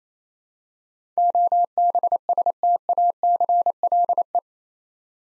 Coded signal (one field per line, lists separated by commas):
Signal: Morse code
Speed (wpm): 27 wpm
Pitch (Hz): 700 Hz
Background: none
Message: OBSTACLE